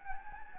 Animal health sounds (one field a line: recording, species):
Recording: mosquito wingbeat signal from an infrared sensor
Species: Anopheles gambiae